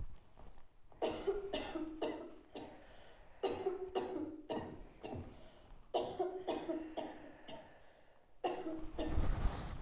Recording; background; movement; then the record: deep breathing; a bystander coughing; sitting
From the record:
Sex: female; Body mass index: 36.4 kg/m2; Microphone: on the chest, facing outward